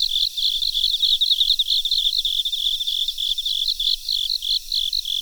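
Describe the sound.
Crickets chirping in a continuous high pulsed chorus, short bursts running together with slight gaps, over a low steady background hiss.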